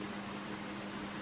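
An old choke cable end fitting is handled at the choke housing of a Natco/Micarb/Mikuni carburetor from a Yamaha RX 135, where it is slid into the carburetor body and turned to lock into place. Only a steady, even broadband hiss with a low hum near 200 Hz is heard, with no distinct hits. Nothing has seated or clicked yet.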